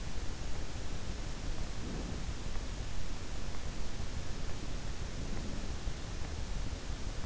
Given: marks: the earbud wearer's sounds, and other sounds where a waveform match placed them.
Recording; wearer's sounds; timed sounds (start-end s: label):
sounds in sleep by an in-ear microphone; breath
1.37-2.61 s: breath
4.69-5.79 s: breath